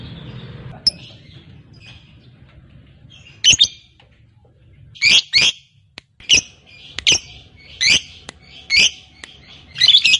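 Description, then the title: Lovebird giving scattered shrill squawks, sparse at first and then about one a second. Fighter lovebird. "Begitu Dengar Suara Lovebird FIGHTER NGEKEK PANJANG"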